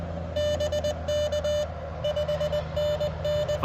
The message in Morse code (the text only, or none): BK 5NN